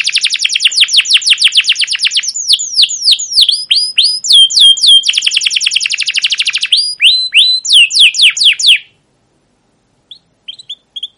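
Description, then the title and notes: Canary song: rapid trains of sharp falling chirps and rolling trills for about nine seconds, then near silence with a few faint soft notes. Captive canary; long continuous chirping song used as a tutor recording for training young canaries to learn their song. "CUIT CUIT NGEROL LANGSUNG GACOR PANJANG Kenari Ini AMPUH Utk Pancingan KENAR. PANCINGAN Kenari GACOR PANJANG Cuit CUIT EMOSI ini AMPUH utk MASTERAN Kenari PAUD belajar BUNYI. burung kenari"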